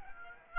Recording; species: mosquito wingbeat signal from an infrared sensor; Aedes aegypti